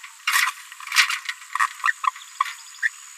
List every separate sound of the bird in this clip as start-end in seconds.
0.28-0.51, 0.81-1.18, 1.84-1.93, 2.03-2.11, 2.40-2.52, 2.82-2.90